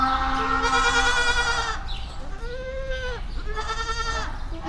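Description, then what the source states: Goat bleating: three drawn-out bleats, the first the longest, over low background noise. Recorded in the farmyard section of Szeged Zoo in 2011.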